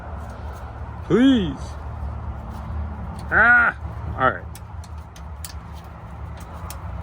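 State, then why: Not seated. Someone works a hold-down strap buckle over a new lithium battery in a boat, talking in short bursts over a steady low hum, with a few brief sharp knocks in the second half. The strap is only being handled; nothing has clicked shut or seated yet.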